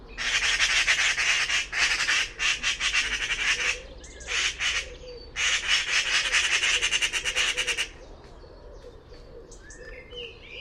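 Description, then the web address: Bird utters rasping pulsed bursts for about eight seconds, then falls silent, leaving only faint quieter chirps. "cianscape birddata Deverinetal 2025"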